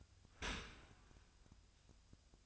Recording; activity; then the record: daily activity, microphone in the room; open dishwasher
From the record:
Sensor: 2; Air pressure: 1004.5 hPa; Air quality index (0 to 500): 119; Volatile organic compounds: 3 ppm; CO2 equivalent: 1442 ppm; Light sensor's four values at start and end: 6/15/6/6 and 6/15/6/6